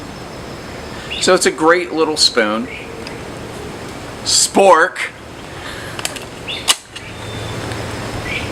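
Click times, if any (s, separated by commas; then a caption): 6.0 s, 6.1 s. A folding camp spork's hinged handle is unfolded into its extended position. Someone talks, then a sharp double click is heard at 6.0 and 6.1 seconds as the handle locks open into place.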